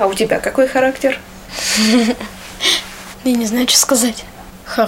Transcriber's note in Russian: со смехом